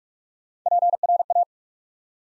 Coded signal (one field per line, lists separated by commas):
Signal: Morse code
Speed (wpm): 44 wpm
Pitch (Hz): 700 Hz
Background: none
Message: PRA